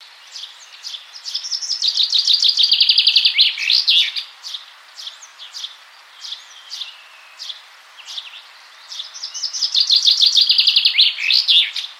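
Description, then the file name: Common chaffinch singing two descending trills ending in a flourish, with short high chirps scattered in the pause between songs. "Fringilla coelebs"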